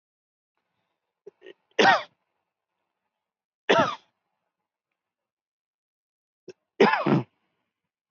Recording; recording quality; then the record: heavy voluntary cough; excellent, no background noise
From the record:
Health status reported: COVID-19 positive, mild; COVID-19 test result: positive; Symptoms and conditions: none ticked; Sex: male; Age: 39 years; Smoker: not ticked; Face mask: not worn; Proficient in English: yes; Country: India